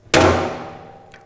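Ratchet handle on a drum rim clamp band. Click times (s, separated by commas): 0.1 s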